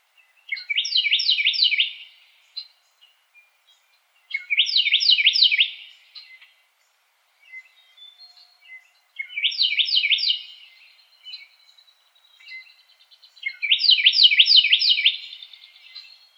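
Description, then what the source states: Carolina wren singing four loud rolling phrases spaced about four seconds apart, each a quick run of repeated ringing notes, with soft chips in the gaps. Recorded 2007-01-04.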